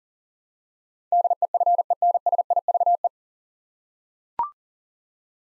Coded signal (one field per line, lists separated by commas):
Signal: Morse code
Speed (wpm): 40 wpm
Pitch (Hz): 700 Hz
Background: none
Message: DEFENSIVE